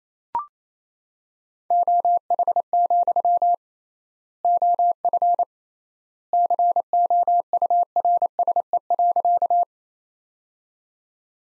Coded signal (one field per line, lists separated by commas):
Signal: Morse code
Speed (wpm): 28 wpm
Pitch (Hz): 700 Hz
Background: none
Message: OH, OF COURSE.